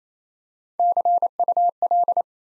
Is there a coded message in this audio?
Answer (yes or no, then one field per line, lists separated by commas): yes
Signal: Morse code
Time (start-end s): 0.8-2.2 s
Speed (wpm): 27 wpm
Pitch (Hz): 700 Hz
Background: none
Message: CUL